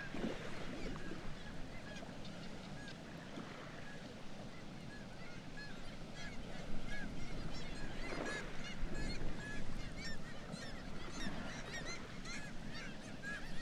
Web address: sound Black-legged-kittiwake. صدای-پرنده-کاکایی-پاسیاه